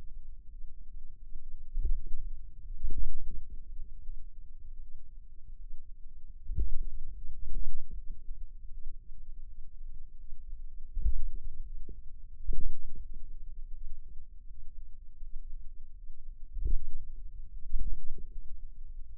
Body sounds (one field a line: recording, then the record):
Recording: forearm muscle sounds (acoustic myography)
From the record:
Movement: finger pinch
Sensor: system 2, bracelet of six BSWA MPA416 microphones around the upper forearm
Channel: 5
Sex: female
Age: 23 years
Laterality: right